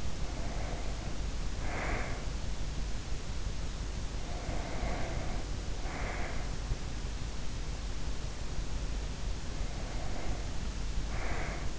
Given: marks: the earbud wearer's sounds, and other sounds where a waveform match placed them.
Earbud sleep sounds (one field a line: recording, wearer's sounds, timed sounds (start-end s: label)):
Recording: sounds in sleep by an in-ear microphone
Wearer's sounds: breath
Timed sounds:
0.00-2.39 s: breath
4.00-6.49 s: breath
9.43-11.79 s: breath